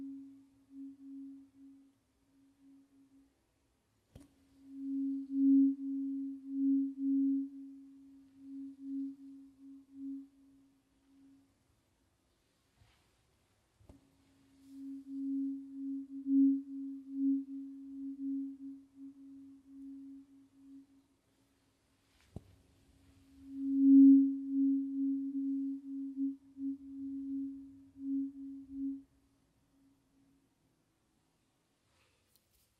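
A pure, low-middle ringing tone from a tuning fork or singing bowl, struck three times, at about 4, 14 and 23 seconds. Each ring swells with a gentle wavering pulse and fades over several seconds, and a faint low rumble sits under the last.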